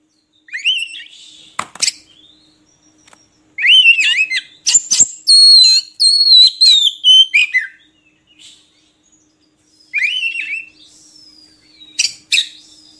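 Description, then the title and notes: Oriental magpie-robin singing bursts of rich whistled and buzzy phrases, a long loud series in the middle, separated by quiet pauses. Song for training birds to sing actively day and night. "Kacer Jadi Gacor Siang Malam. Isian Kacer Durasi Panjang"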